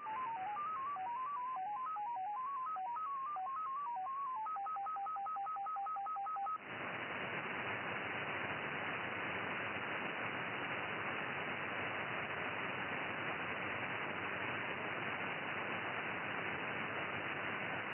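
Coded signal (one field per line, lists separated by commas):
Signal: numbers station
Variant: XPA MFSK 10 baud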